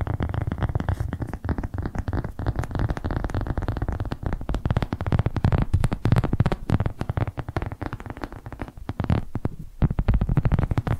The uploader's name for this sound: Tapping Different Areas of Your Brain 3D Panning Triggers